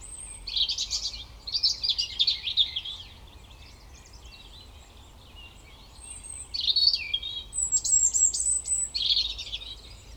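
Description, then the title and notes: European robin singing rich warbled phrases with high thin whistles and fast trills, pausing for a few seconds mid-way before another varied burst. Koniówka, Lesser Poland, Poland; Zoom F3 recorder with Usi Pro drop rig. "Koniówka, województwo małopolskie, Polska - Robin, King of the Petland. Recordist: Maciej Wirmański"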